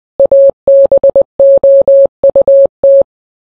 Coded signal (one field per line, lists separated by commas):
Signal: Morse code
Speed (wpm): 20 wpm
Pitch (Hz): 550 Hz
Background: none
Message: ABOUT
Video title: Morse Code